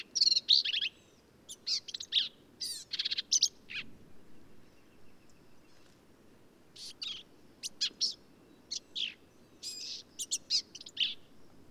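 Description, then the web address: Black-capped vireo song, a rapid stream of varied sharp, chattering notes, pausing briefly midway before resuming, over faint low background hiss. "birdsongforthecurious Black-capped Vireo"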